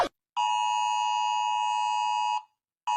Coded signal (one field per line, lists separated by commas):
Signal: Emergency Alert System (SAME) tones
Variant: 853 and 960 Hz attention tone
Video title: Rating eas alarm part 1